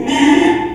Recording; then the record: squeal of a Yucatan mini pig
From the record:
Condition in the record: after surgery on the right vocal fold (resection and tissue-engineered implant); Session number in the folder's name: 3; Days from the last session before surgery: 33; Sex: male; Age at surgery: 12 weeks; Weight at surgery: 13 kg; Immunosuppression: cyclosporine, prednisolone